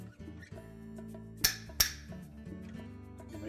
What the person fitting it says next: Make sure that it's engaged at the back and both tabs on the front snap into place.